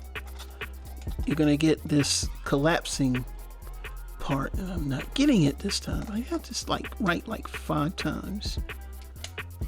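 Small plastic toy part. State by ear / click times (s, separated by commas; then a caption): seated / 9.2 s. Someone talks over background music while collapsing the plastic torso and back section of a Transformers WFC Kingdom Battle Across Time Deluxe Autobot Mirage robot toy, fitted with a JRC Design upgrade, into its locked position after several failed tries. At 9.2 s a short, sharp snap is heard as the section seats into place.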